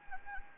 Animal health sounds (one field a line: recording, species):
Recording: mosquito wingbeat signal from an infrared sensor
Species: Anopheles gambiae